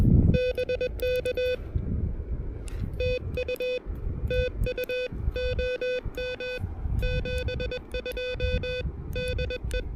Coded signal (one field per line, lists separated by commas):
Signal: Morse code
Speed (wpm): 22 wpm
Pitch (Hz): 500 Hz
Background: music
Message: BK TU TU OM 72 DE